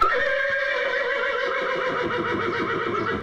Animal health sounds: contact call of a hoofed animal; horse; whinny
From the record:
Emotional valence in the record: positive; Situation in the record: reunion with the whole group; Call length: 3.3 s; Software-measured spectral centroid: 1700 Hz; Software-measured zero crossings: 2440 a second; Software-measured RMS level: -24 dBFS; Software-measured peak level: -10 dBFS

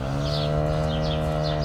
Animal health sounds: contact call of a hoofed animal; cattle; low-frequency (closed-mouth) or high-frequency (open-mouth) call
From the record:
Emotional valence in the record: negative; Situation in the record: physical separation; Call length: 1.65 s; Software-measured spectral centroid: 2060 Hz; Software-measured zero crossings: 1350 a second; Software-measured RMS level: -24 dBFS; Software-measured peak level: -12 dBFS

